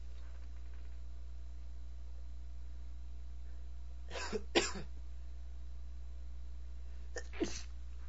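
Two short, muffled bursts around four seconds in, then two more near seven seconds, each a brief rush of breath held back rather than a full explosive sneeze. Stifled sneezes with coughs from an adult man, over a steady low hum.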